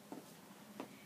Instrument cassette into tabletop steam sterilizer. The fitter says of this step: gently push the set until you hear a click